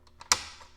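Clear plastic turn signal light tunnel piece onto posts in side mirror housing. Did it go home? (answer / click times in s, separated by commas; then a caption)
yes / 0.3 s. A clear plastic light tunnel turn signal indicator for a 2015+ Subaru WRX STI is lined up on its two small posts and pressed into the side mirror housing. Two faint plastic ticks come first, then a sharp plastic click at 0.3 s that quickly fades. The light tunnel pops onto its mounting posts and is seated.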